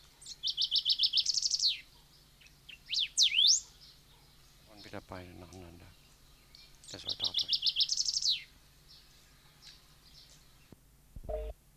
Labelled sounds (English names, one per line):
Golden-billed Saltator song